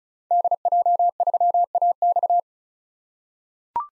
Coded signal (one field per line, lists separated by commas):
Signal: Morse code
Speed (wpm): 36 wpm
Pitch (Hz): 700 Hz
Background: none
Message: DJ3AX